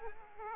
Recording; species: mosquito wingbeat signal from an infrared sensor; Aedes aegypti